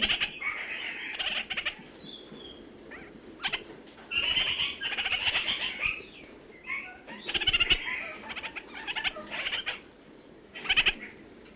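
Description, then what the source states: Red-crowned parakeet chattering in bursts: sharp rapid stutters and longer scratchy warbled phrases, repeated irregularly throughout. New Zealand.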